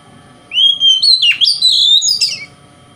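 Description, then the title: Oriental magpie-robin phrase: a clear rising whistle, a sharp dip, then a long sliding whistle ending in a few buzzy notes. Local name kacer; song described as konslet, said to provoke other magpie-robins. "Kacer Konslet Bikin Kacer Lain"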